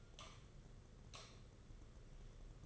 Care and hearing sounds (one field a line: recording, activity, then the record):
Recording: daily activity, microphone in the room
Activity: light on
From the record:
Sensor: 4